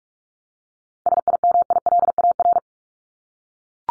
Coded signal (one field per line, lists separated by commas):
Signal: Morse code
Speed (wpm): 44 wpm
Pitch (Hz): 700 Hz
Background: none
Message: SIMILAR